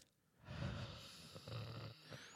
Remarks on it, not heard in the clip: Breathe like really long, you get like that death rattle? I got some crackle going on.